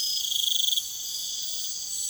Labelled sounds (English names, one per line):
none